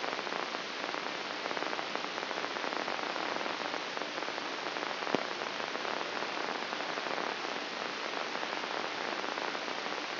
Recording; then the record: brain microelectrode recording played as sound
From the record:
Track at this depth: inside the subthalamic nucleus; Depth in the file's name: 4.663 mm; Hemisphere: left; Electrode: 3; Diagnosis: Parkinson's disease